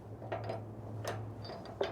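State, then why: Seated. A D-ring on a tie-down trolley is dropped into a steel trailer tube track and slid over half an inch, with metallic knocks and a scrape over a low steady hum. The spring plunger clicks into a locking hole at 1.8 s, seating the trolley locked in the track.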